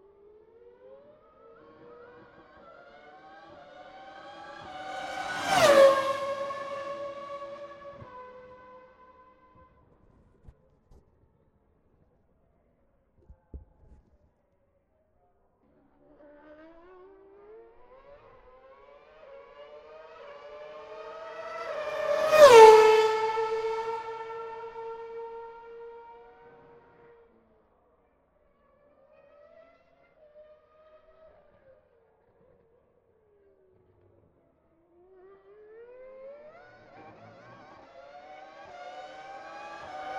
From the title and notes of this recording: McLaren Formula 1 V8s and V10s at Monterey.